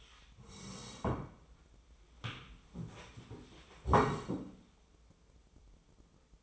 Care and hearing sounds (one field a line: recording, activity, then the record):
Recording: daily activity, microphone in the room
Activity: sit down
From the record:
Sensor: 1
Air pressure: 1005.3 hPa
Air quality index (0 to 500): 124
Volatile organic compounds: 5 ppm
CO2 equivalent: 1736 ppm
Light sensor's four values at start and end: 11/26/10/11 and 11/27/11/12